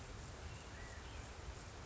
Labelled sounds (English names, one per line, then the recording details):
California Quail
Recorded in Sonoma County, California